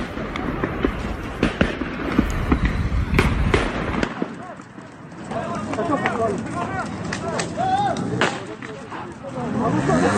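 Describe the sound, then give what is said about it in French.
Repeated sharp gunshots from pistols, shotguns and Kalashnikovs crack out in irregular bursts, some loud, some fainter, over a steady noisy background with voices shouting. “les individus que vous entendez brandissent des pistolets, des fusils à pompe et des Kalachnikov”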